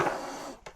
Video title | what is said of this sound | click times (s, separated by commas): Assemblage PC Gamer P.OV. Ryzen 8400F, RX 7800 XT, 16Go DDR5, 1 To SSD. | Clic petit clic qui va bien. | 0.7 s